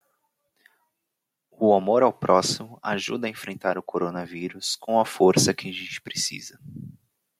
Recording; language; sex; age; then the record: spoken sentence; Brazilian Portuguese; male; 20 to 29 years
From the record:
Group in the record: control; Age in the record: 27 years